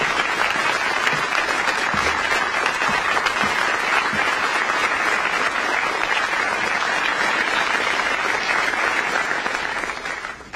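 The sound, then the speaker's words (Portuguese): A large audience claps continuously for the winner of a photography grand prize, in a dubbed film: a dense steady wash of many hands lasting the whole stretch, loud and even, with a few faint voices mixed in and a slight fade at the end. “Vamos todos aplaudir, senhoras e senhores, a senhorita Novali Nation.”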